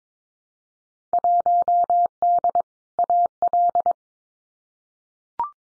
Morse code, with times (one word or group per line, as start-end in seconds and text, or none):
1.1-2.6 1D
3.0-3.9 AL